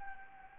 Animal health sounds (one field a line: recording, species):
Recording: mosquito wingbeat signal from an infrared sensor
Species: Anopheles gambiae